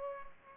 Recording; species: mosquito wingbeat signal from an infrared sensor; Culex pipiens